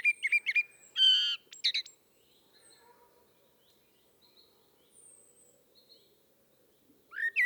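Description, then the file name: Common blackbird song: a short fluted whistle phrase ending in a squeaky, buzzy twitter, then quiet, with another phrase starting at the very end. "Turdus merula"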